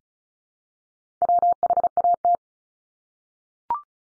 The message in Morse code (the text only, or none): WHAT